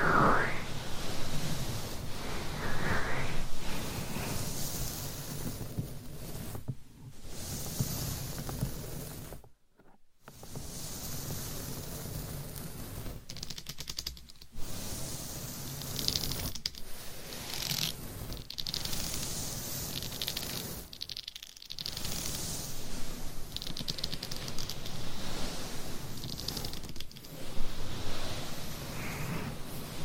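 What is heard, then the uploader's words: Scratching and tapping on a microphone, probably with long nails: a dense, crackly rustle that fills the clip, with quick clicking taps mixed in. Brief pauses break it up, with a near-silent gap around ten seconds before the scratching resumes. ASMR Binaural Mic Scratching , Tapping & Massage BEJEWELED MIC & Long Nails No Talking.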